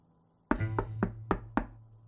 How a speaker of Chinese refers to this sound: 敲门声响了半天没人应，母亲在外叫， 朱韵呢？快起床了。朱韵。 连叫了几声，屋里还是没声音。